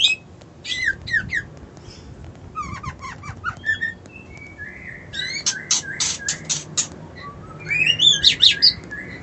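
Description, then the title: White-eye singing a fast, jumbled series of high ticking chirps and thin whistles, with scratchy bursts and a rising warbled phrase near the end. Song style called ngerol ngalas. "Suara Burung Pleci Ngerol Ngalas Mantap"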